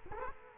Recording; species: mosquito wingbeat signal from an infrared sensor; Culex quinquefasciatus